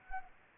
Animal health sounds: mosquito wingbeat signal from an infrared sensor; Anopheles gambiae

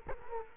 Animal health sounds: mosquito wingbeat signal from an infrared sensor; Culex quinquefasciatus

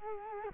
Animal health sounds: mosquito wingbeat signal from an infrared sensor; Culex quinquefasciatus

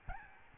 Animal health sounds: mosquito wingbeat signal from an infrared sensor; Aedes albopictus

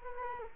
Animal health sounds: mosquito wingbeat signal from an infrared sensor; Culex quinquefasciatus

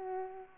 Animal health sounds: mosquito wingbeat signal from an infrared sensor; Culex pipiens

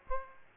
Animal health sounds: mosquito wingbeat signal from an infrared sensor; Aedes aegypti

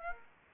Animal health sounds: mosquito wingbeat signal from an infrared sensor; Aedes aegypti

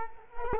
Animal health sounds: mosquito wingbeat signal from an infrared sensor; Culex quinquefasciatus

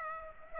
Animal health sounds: mosquito wingbeat signal from an infrared sensor; Aedes aegypti

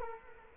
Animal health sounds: mosquito wingbeat signal from an infrared sensor; Culex quinquefasciatus

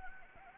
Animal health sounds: mosquito wingbeat signal from an infrared sensor; Anopheles gambiae

